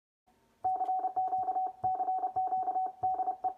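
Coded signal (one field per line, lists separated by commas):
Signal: Morse code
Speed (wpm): 30 wpm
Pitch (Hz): 750 Hz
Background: radio noise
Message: CQ CQ DE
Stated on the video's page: Solid state CW paddle sending from 20 to 60 WPM.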